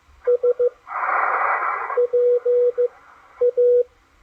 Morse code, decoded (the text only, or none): SPA